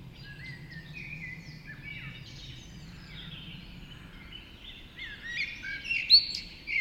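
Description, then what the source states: Birds singing together, a quiet tangle of overlapping whistles and twitters that grows brighter near the end, over a steady low hum. Dawn chorus recorded just after dawn in the Forest of Dean.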